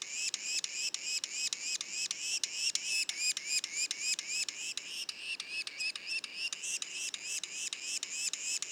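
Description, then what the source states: Yellow-bellied sapsucker young giving steady, rhythmic nasal calls that rise in pitch, about three and a half per second, separated by short clicks. Juveniles, Mont-Orford National Park, Quebec; mono recording.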